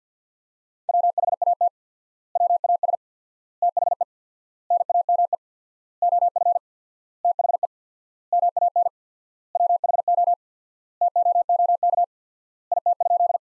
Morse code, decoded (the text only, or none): WHAT WAS THE NAME OF THE MAN WHO TOOK IT?